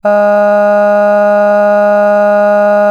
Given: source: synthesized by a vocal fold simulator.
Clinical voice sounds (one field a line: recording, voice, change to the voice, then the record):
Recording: sustained vowel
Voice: female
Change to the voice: cycle-to-cycle stiffness perturbation (roughness), level 2 of 10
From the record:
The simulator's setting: 0.96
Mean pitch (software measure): 206 Hz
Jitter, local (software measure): 0.44%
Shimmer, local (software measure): 3.4%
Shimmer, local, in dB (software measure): 0.30 dB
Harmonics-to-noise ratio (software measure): 25.7 dB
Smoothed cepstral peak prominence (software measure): 18.2 dB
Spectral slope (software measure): -21.9 dB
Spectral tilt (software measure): -9.3 dB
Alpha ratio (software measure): -12.4 dB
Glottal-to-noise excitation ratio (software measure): 0.974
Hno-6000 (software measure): 2.4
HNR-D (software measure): 39.5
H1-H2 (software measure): 9.5 dB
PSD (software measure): 2.2e-05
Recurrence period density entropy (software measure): 0.132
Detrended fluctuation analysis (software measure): 0.0275